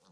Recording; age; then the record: pig call; piglet (1 to 25 days)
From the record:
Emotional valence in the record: positive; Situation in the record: reunion after long isolation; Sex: female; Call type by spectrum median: low-frequency call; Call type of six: low-frequency stable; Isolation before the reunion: 8 minutes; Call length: 0.12 s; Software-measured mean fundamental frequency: 99 Hz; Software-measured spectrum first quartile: 397 Hz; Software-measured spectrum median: 1299 Hz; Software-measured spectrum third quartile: 5181 Hz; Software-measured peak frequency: 170 Hz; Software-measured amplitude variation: 67 dB a second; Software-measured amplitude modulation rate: 8.2 a second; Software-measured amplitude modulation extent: 8.2 dB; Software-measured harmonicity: 3.5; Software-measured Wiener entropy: -2.15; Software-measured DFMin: 777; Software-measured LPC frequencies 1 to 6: 1162, 3570, 4319, 6148, 7290, 8482 Hz